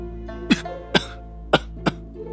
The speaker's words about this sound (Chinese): 唐枕低低地咳嗽了两声，一脸命不久矣